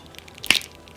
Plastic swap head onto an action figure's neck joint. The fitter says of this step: yep you can hear the clicking sound and this looks okay though yep